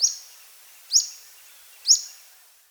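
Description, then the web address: Yellow-breasted flycatcher giving three sharp, high, slurred notes spaced about a second apart, over a quiet background. Recorded in Peru. "Birds of the Amazon 3. Yellow-breasted Flycatcher (Tolmomyias flaviventris), Peru"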